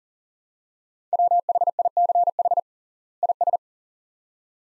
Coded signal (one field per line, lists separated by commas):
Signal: Morse code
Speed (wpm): 40 wpm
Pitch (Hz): 700 Hz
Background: none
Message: WHICH IS